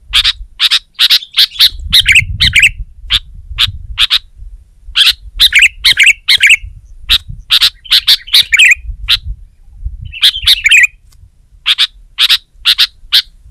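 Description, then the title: Sooty-headed bulbul alternating crisp chip series with short gurgling warbles, and a gentle low rumble in places. "kutilang"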